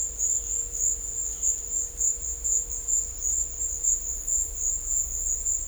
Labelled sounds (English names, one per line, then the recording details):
none
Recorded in dense forest near Puerto Asís, Putumayo, Colombia, on 16 December 2024 at 13:00
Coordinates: 0.500, -76.322
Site G053